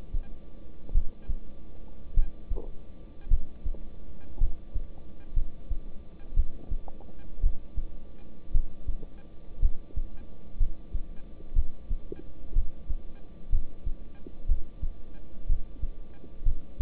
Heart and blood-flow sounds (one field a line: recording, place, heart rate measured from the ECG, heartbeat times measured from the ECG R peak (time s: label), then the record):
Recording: heart sounds by stethoscope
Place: between the tricuspid and mitral areas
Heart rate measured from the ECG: 58 bpm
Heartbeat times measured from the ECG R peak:
0.92 s: heartbeat
2.14 s: heartbeat
3.28 s: heartbeat
4.38 s: heartbeat
5.34 s: heartbeat
6.34 s: heartbeat
7.41 s: heartbeat
8.52 s: heartbeat
9.60 s: heartbeat
10.58 s: heartbeat
11.54 s: heartbeat
12.54 s: heartbeat
13.50 s: heartbeat
14.47 s: heartbeat
15.47 s: heartbeat
16.43 s: heartbeat
From the record:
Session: rest, lying down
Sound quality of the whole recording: good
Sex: male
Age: 26 years